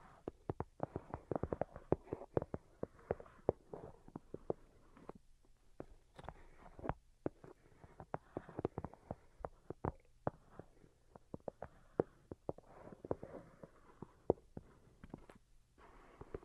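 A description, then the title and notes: Delicate tapping runs throughout, a dense, irregular stream of soft, quick clicks and taps, often in rapid clusters with brief pauses around five and ten seconds. The taps are light and fairly bright, over a faint low hum. Most Delicate and Calming Tapping.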